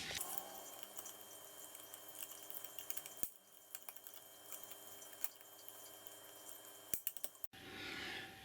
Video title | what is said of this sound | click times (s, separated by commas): Modernizacja oświetlenia na LED w salonie - Jak podłączyć ściemniacz | No dobra, udało się. Wszystkie blaszki zaskoczyły, | 2.9 s, 3.2 s, 5.2 s, 6.9 s, 7.1 s, 7.2 s